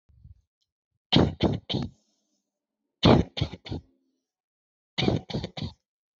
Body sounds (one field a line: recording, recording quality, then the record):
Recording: shallow voluntary cough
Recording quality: excellent, no background noise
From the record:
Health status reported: healthy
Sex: male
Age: 29 years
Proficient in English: yes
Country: India